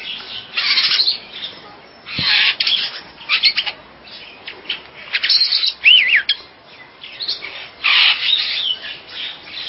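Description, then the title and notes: Bird chirping and twittering, with bursts of sharp chips and a few whistled notes, in irregular clusters throughout. "Bird Sound. Kicau Burung Lengkap"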